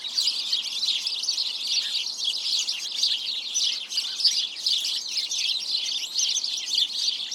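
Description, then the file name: House sparrow flock chattering nonstop, a thick mesh of sharp chirps rising and falling slightly in loudness. "Passer domesticus"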